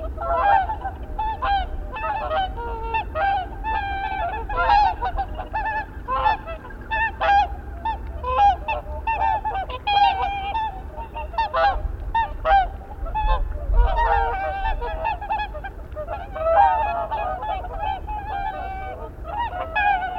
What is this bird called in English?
Whooper Swan